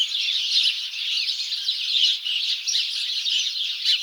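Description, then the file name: House sparrow chirps from several birds overlapping into a busy, scratchy chatter that never lets up. "Passer domesticus"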